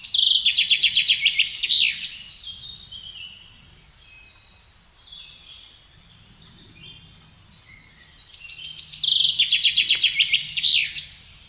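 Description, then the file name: Common chaffinch song given twice, with a quiet gap of about six seconds. Each phrase is a fast, cascading trill that drops in pitch and closes with a flourish. Soft bird notes come between. "Fringilla coelebs"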